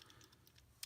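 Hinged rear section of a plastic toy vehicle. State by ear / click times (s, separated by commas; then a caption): seated / 0.8 s. The blue plastic hinged rear section of a Tomica Hyper Series HBP-02 Blue Bison toy vehicle is lifted up into its raised position. Faint small ticks come first, then one sharp, loud snap at 0.8 s as it clicks into place.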